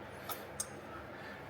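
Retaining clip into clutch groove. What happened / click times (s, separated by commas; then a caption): The metal retaining clip snapped in but may not be fully seated / 0.6 s. A metal retaining clip is pressed into its groove in the clutch assembly of a Kawasaki Teryx H2 clutch kit, giving a short, sharp snap at 0.6 s over a low steady background. The clip snaps in, but one side still sits a little high and is not fully in the groove.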